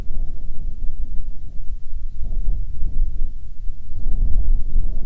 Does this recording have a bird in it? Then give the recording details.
yes. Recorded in the Prudhoe Bay oil fields, Alaska, on 10 July 2019 at 14:34. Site 14